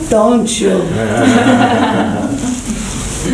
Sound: laughter

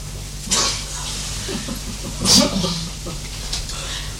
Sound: laughter

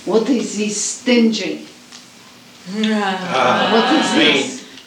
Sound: laughter

